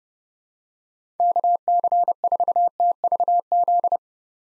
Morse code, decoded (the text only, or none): KC4TVZ